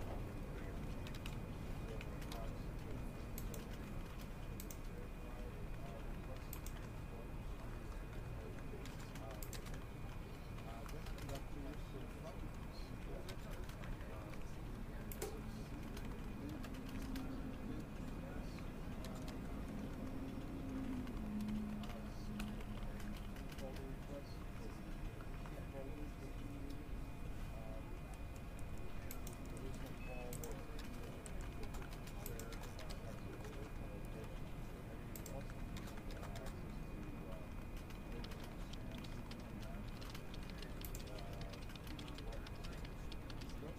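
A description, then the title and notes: Conversation murmurs without pause through a corner office in a commercial building, layered over a steady machine hum with a thin, constant high tone. Sharp clicks, like keyboard taps, pop up irregularly throughout, and the overall level stays even from start to finish. A relaxing day at a corner office in a commercial building. The sound of conversations, Xerox machines, keyboard typing, and phones ringing.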